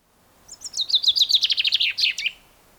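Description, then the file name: Common chaffinch song, a single rattling phrase of quick notes dropping in pitch through the middle and finishing with a short emphatic flourish. "Fringilla coelebs"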